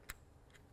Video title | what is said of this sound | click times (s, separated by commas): How to Punch Down and Daisy Chain a 66 Block | and snaps in place when you turn it | 0.1 s